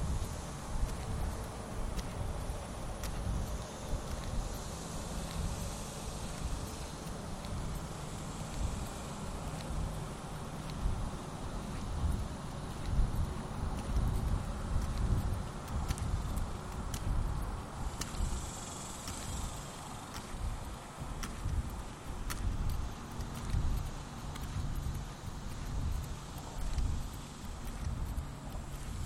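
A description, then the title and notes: A lunchtime walk around the neighborhood, filled with a dense, steady low rumble like traffic or wind that swells and dips without pause. Faint sharp ticks recur throughout, and a brief thin high chirp rises briefly around the nineteen-second mark. The sounds of my daily lunchtime walk around the neighborhood.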